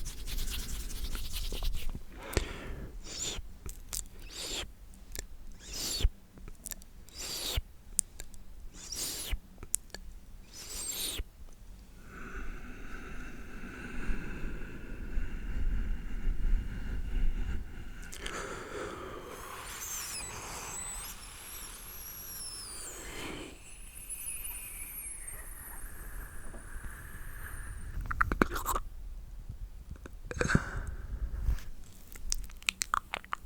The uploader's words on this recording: ASMR The MOST Extreme MOUTH Sounds For TINGLE Immunity & Sleep.